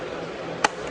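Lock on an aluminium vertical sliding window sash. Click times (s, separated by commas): 0.7 s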